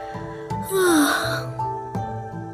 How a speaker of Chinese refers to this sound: 滕玉意唯恐杜廷兰继续追问，打着哈欠往床边走。